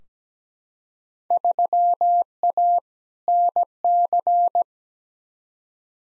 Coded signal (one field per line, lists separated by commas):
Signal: Morse code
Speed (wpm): 17 wpm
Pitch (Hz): 700 Hz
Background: none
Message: 3A NC